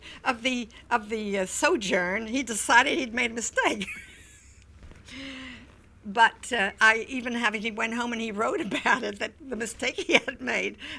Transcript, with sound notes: of the sojourn, he decided he'd made a mistake. ( she laughs ) But even having, he went home and he wrote about it, the mistake he had made.